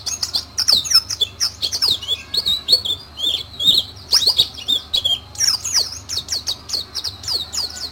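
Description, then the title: White-eye song, continuous high chattering with fast slurred chirps and short trills, pulsing in quick bursts across the whole stretch. Pleci 'Mr. Kebo', Malang, East Java, Indonesia. "Pleci Mr. Kebo Malang - Jawa Timur"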